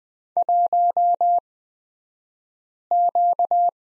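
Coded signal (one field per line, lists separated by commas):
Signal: Morse code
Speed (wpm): 20 wpm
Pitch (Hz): 700 Hz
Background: none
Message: 1Q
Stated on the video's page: Morse code course lesson on the letter Z, Farnsworth speed 20/10 wpm.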